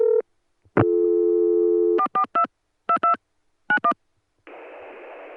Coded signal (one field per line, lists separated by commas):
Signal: DTMF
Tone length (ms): 80 ms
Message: 442 22 91